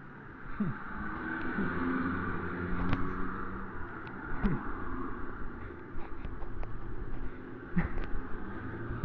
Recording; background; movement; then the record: laughter; traffic; sitting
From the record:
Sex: male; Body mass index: 20.5 kg/m2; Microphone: on the chest, facing the body